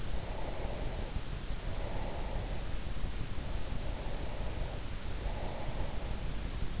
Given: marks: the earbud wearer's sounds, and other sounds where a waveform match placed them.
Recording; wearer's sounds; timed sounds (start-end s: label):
sounds in sleep by an in-ear microphone; breath
0.15-2.34 s: breath
2.99-5.96 s: breath